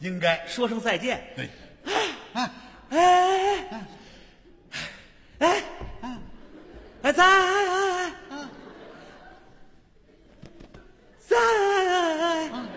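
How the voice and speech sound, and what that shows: An adult male crosstalk (xiangsheng) performer imitates a severe stutter with effortful speech. He tries to say goodbye and gets stuck on repeated, drawn-out syllables ('哎', '在'), separated by long pauses.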